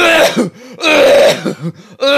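Three short, harsh, voiced cough bursts come over about two and a half seconds, with low groaning hums between them. The cough of a COVID-19 infection in an adult, odd, dry and unproductive, with no rattle and nothing coming up. It sounds like a fake cough, like someone badly pretending to cough.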